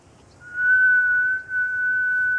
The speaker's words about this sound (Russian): свистит.